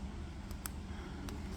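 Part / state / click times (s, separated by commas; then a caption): retaining clip on an inductor ferrite core bobbin / not seated / none. The other side of a retaining clip is pushed onto an inductor's ferrite core bobbin, over a steady low hum. Only a few small taps are heard, near 0.5, 0.7, 1.3 and 1.6 seconds. The clip has not clicked into place yet.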